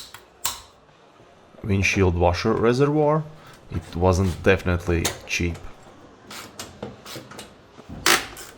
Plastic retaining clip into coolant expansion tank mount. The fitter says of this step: clips and screws for expansion tank and then satisfying clicking sound